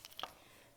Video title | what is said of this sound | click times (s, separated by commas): 2019 PSK | literally take your lid and kind of pop it to the side pops it off so | 0.0 s, 0.2 s